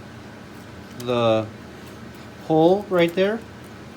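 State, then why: Not seated. Someone talks while lining up a plastic switch mechanism part with its hole on a model train track turnout, over a steady low background hum. The part has not seated or clicked onto the track yet.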